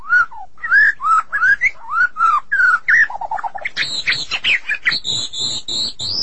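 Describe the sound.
Magpie-robins and shamas singing loud, rich whistled phrases that rise and fall in a steady series, followed by a burst of low clucks and high squeaky notes.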